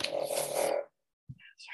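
One buzzing, croak-like snore from a Boston Terrier, lasting under a second and sounding almost electronic, like a flip phone buzzing.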